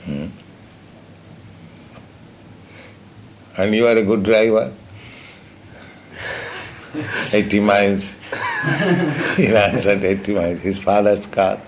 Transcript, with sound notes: Hmm. And you are a good driver. [laughter] Eighty miles. You once went eighty miles, his father's car.